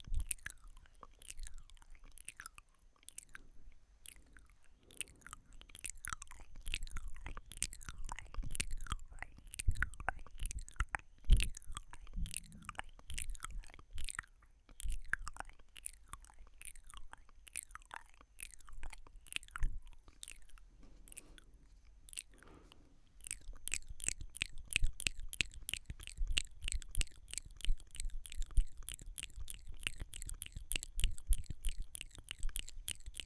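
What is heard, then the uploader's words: Soft mouth sounds: wet clicks, smacks and chewing-like crunches arrive in a steady patter of short, bright snaps. The first twenty seconds are sparser and quieter with brief pauses; after about 23 seconds the clicks become denser, faster and louder. ASMR Slow & Soft MOUTH SOUNDS (No Talking).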